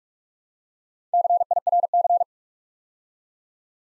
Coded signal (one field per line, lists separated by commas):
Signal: Morse code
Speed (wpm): 44 wpm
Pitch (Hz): 700 Hz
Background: none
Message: CIRC